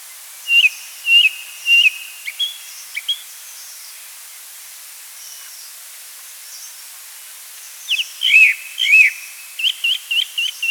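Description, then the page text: Chestnut thrush song: three clear whistled notes followed by a few softer ones, a pause, then a livelier series of whistled notes. "Chestnut Thrush Song. Quick Sounds"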